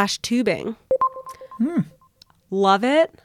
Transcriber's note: electronic selection sound